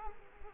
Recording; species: mosquito wingbeat signal from an infrared sensor; Culex quinquefasciatus